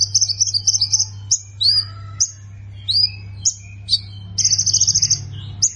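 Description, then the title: Plain prinia giving a fast chatter, scattered upslurred whistles and short chirps, then another fast buzzy chatter, with a steady low hum behind. "Ciblek Sawah"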